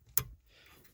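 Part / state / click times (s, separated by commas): passenger airbag wiring connector into airbag harness plug / seated / 0.2 s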